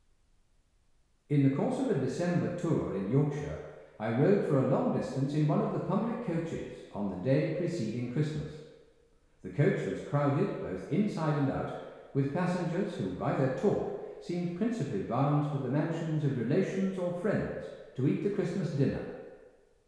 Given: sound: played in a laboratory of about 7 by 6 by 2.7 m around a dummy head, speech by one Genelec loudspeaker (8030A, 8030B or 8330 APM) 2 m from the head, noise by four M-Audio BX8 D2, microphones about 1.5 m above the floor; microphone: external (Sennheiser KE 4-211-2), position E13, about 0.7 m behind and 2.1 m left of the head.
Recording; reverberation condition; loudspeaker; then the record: male speech in English; high; 120 degrees to the left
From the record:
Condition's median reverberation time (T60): about 1300 ms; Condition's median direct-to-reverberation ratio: about -4.0 dB